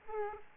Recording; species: mosquito wingbeat signal from an infrared sensor; Aedes aegypti